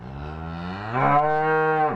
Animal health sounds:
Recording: contact call of a hoofed animal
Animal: cattle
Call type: low-frequency (closed-mouth) or high-frequency (open-mouth) call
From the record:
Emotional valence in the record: negative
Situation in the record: full separation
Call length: 1.96 s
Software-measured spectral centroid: 1090 Hz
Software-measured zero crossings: 1450 a second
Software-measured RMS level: -23 dBFS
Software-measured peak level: -7 dBFS

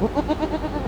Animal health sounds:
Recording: contact call of a hoofed animal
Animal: goat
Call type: low-frequency (closed-mouth) or high-frequency (open-mouth) call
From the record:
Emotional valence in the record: negative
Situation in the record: short social isolation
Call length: 0.88 s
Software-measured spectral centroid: 1510 Hz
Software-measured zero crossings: 1170 a second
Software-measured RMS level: -24 dBFS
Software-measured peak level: -9 dBFS

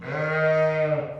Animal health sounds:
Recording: contact call of a hoofed animal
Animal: sheep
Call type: low-frequency (closed-mouth) or high-frequency (open-mouth) call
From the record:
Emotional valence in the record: negative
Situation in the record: short social isolation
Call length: 1.20 s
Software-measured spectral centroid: 1360 Hz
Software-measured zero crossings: 1540 a second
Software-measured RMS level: -24 dBFS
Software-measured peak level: -11 dBFS

